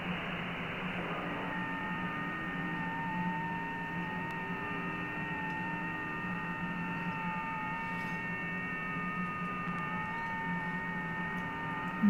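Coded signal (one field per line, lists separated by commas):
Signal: FT8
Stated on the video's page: Amateur FT8 and FT4 contacts with stations around the world.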